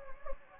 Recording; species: mosquito wingbeat signal from an infrared sensor; Anopheles gambiae